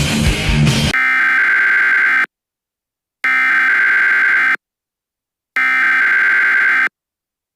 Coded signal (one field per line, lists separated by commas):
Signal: Emergency Alert System (SAME) tones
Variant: header bursts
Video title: A Yo-Kai's Worst Nightmare. EAS Scenario #2